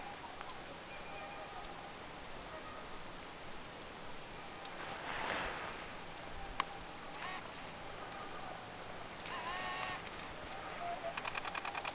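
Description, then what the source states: Long-tailed tits give many thin, very high trilled and buzzy calls, overlapping and running almost continuously, with a brief rustling noise partway through. Several long-tailed tits recorded on 14 October 2024.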